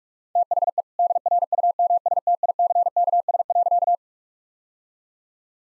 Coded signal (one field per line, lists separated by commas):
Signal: Morse code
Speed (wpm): 46 wpm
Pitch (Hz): 700 Hz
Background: none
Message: THE DRUMSTICKS.